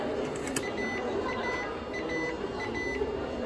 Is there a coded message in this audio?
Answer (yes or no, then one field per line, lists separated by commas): no